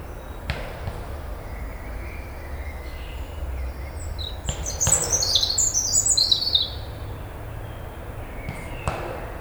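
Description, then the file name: European robin song: a rapid cascade of very high, tinkling notes midway through, between occasional dull knocks and soft background noise. "Erithacus rubecula"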